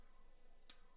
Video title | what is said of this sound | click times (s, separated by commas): Live Build Bootleg Gquuuuuux Gunpla: Lebao HG RGM-79 Light-Type Guncannon | Alright, so that pops into place nice and tight. | 0.7 s